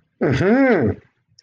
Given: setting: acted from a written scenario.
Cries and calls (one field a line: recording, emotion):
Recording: vocal sound without words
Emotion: realization